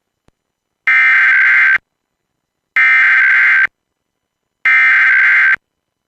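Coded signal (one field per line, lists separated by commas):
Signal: Emergency Alert System (SAME) tones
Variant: header bursts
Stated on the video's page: Blue Alert / weekly EAS test.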